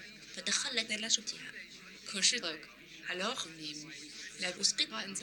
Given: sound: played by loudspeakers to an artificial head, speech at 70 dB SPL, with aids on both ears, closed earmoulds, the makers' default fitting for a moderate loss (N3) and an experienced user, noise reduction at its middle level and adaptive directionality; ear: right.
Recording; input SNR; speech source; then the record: speech test signal (ISTS) in cocktail-party noise; +6 dB; on the right (90 degrees)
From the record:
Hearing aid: class 1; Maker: J